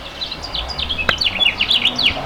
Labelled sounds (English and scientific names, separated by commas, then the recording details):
House Finch (Haemorhous mexicanus) song
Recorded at Babylon on Long Island, New York, on 18 May 2013
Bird A